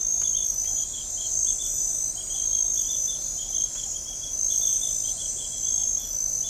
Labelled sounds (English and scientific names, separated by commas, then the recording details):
none
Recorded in forest near Pivijay, Magdalena, Colombia, on 1 June 2023 at 23:00
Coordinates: 10.467, -74.380
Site Z5-G034